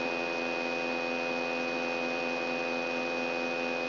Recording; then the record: brain microelectrode recording played as sound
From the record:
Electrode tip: outside the subthalamic nucleus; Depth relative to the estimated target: 4 mm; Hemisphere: left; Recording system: AlphaMap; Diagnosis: Parkinson's disease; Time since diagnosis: 9 years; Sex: female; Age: 46 years